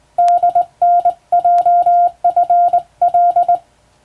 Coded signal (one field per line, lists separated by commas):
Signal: Morse code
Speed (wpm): 21 wpm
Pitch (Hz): 700 Hz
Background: none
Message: DNJFL